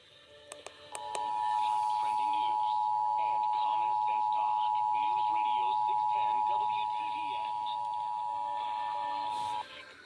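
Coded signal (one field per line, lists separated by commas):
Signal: Emergency Alert System (SAME) tones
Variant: 853 and 960 Hz attention tone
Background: speech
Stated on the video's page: Required monthly and weekly tests.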